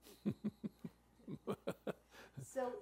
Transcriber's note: laughs